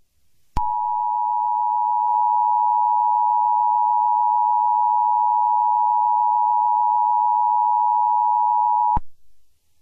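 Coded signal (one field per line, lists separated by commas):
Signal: Emergency Alert System (SAME) tones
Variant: 853 and 960 Hz attention tone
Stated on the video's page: Fictional EAS scenario about a black hole, remastered.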